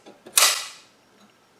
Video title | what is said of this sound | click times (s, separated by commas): How to Install the HDD/SSD on PC | until you can hear the tab snap in place | 0.4 s